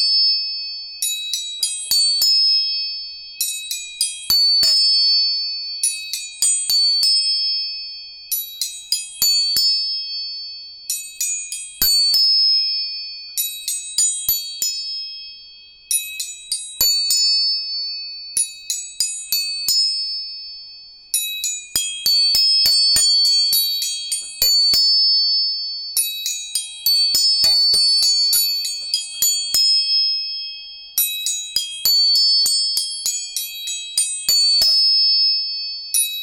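Tuning forks are struck again and again, each tap a sharp metallic click followed by a bright, high ringing tone that fades slowly. Strikes come in quick bursts every few seconds, overlapping so a steady high hum carries through the whole recording.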